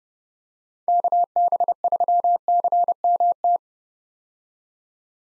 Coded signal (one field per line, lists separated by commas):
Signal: Morse code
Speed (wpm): 30 wpm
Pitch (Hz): 700 Hz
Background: none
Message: KB3CMT